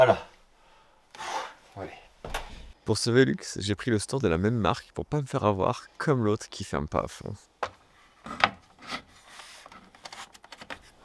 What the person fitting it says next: It didn’t click.